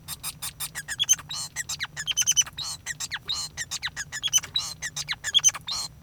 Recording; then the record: song of a male Bengalese finch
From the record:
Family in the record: son of father 5